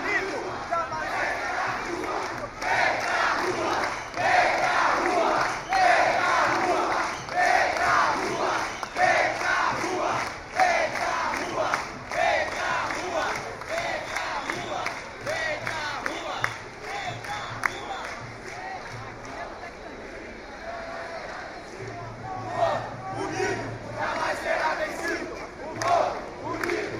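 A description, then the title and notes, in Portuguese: A street demonstration on a big avenue, with a dense crowd chanting and shouting together in loud, rhythmic surges. Voices stay steady throughout, easing slightly around the twentieth second, while a low engine hum rumbles underneath near the end. Gravação em Binaural durante a manifestação da Pres Vargas.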